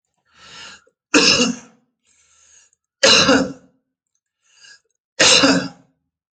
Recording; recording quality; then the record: heavy voluntary cough; excellent, no background noise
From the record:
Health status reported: COVID-19 positive, mild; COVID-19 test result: positive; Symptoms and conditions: cough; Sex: male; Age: 36 years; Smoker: not ticked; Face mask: not worn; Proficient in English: yes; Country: India